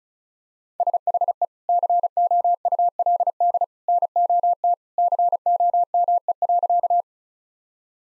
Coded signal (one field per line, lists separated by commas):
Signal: Morse code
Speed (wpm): 36 wpm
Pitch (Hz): 700 Hz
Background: none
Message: SHE COULD NOT COME.